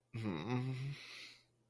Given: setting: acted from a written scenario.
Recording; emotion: vocal sound without words; guilt